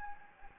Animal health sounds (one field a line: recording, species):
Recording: mosquito wingbeat signal from an infrared sensor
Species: Anopheles gambiae